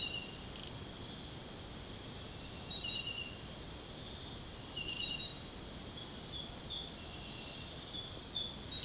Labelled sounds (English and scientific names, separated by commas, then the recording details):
none
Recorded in secondary vegetation near Puerto Asís, Putumayo, Colombia, on 21 March 2025 at 05:30
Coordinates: 0.488, -76.319
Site G095